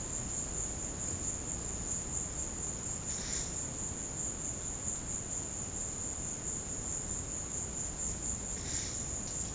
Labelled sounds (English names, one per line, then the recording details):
none
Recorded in secondary vegetation near Puerto Asís, Putumayo, Colombia, on 23 June 2025 at 14:00
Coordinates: 0.484, -76.319
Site G074